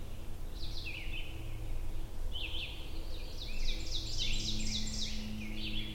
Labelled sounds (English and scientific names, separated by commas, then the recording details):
Ovenbird (Seiurus aurocapilla) song
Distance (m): 55 m
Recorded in boreal forest in Alberta, Canada, on 22 June 2016 at 07:54
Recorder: SongMeter 3, array SBT-6-76
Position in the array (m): 154 m, 120 m
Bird 3